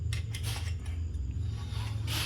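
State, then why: Seated. An LED bulb with a broken pin repaired with glue is pushed and twisted into a bayonet lamp holder. A sharp click at 0.1 s, followed by a second, softer click at 0.3 s, stands out over a steady low hum. Further light rattles follow, then a brighter hiss near the end, and the bulb locks into the holder.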